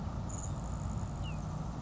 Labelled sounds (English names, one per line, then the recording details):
Grasshopper Sparrow
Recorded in Sonoma County, California